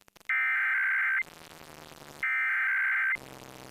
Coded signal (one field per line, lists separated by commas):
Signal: Emergency Alert System (SAME) tones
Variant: header bursts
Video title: EAS Capture 663-671 RWT and RMT